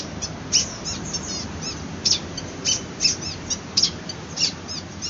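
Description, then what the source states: Long-tailed shrike song: short scratchy chirps and squeaky notes in an irregular varied series, over a steady low hiss. Song style called kombinasi (combination).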